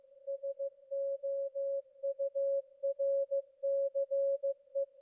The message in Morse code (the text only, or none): SOURCE